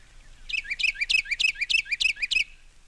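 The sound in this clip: Carolina Wren song: a steady, rolling chant of several identical loud, ringing two-note phrases delivered quickly and evenly.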